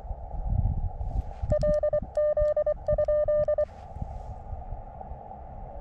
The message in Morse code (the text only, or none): LZ?